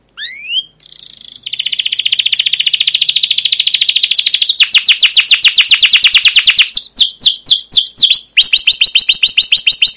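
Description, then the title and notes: Canary song starting with a few swooping whistles, then a long trill of rapid chirps with quick sweeping notes near the end. Long, lively canary song with 'cuit cuit' chirps and rolls ('ngerol'), used as a lure (pancingan) and tutor recording (masteran) for young caged canaries learning to sing. "CUIT CUIT NGEROL GACOR PANJANG Kenari Pancingan KENAR. PANCINGAN Kenari GACOR PANJANG Cuit CUIT EMOSI MASTERAN Kenari PAUD belajar BUNYI. burung kenari"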